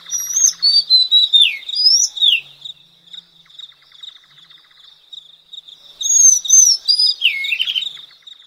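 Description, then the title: Madagascar magpie-robin giving a run of whistled slurs and chirps, a quiet pause, then another burst ending in a dipping note; a constant high-pitched whine continues throughout. "suara burung kacer madagaskar"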